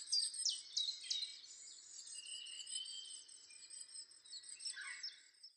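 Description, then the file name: Great tit calls: a few thin, high notes that slide downward, then softer sustained whistled tones and a brief lower note near the end. "Parus major"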